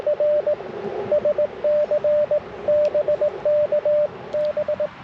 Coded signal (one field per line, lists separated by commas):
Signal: Morse code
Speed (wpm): 21 wpm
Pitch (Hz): 600 Hz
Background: radio noise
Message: R SC BK B